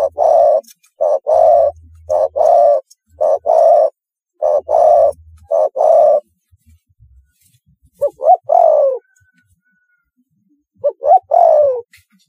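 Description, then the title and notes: Spotted dove cooing: a run of short, even, hoarse coos at a steady pace with a low hum beneath, then two phrases of quick notes ending in a drawn-out falling coo. "Tekukur. Kicau Burung"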